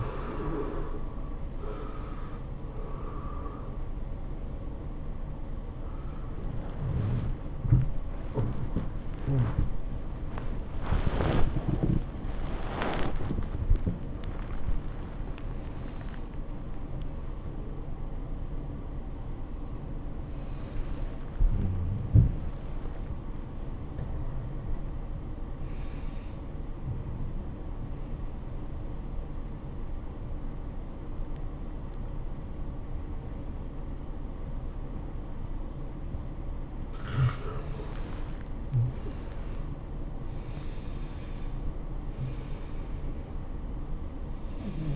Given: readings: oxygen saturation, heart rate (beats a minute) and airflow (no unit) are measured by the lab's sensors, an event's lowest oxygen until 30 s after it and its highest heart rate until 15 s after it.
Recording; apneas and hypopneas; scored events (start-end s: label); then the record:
a person awake in a sleep study, by a smartphone at the bedside; 2
0.00-28.00 s: awake
5.00-18.50 s: hypopnea (scored as awake, oxygen 96% highest, then 84% lowest, heart rate 103 at the start, 108 highest)
23.00-44.95 s: new sleep stage, N1 (lightest sleep)
28.00-39.60 s: hypopnea (N1, oxygen 92% highest, then 84% lowest, heart rate 108 at the start, 108 highest)
From the record:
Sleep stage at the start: awake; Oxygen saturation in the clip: 73 to 96%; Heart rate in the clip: 91 to 108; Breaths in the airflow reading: 8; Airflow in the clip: -15.6 to 11.8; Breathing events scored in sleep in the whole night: 403 in 5.5 hours asleep